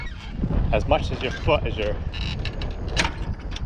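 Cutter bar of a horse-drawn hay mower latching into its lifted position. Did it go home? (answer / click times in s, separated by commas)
yes / 3.0 s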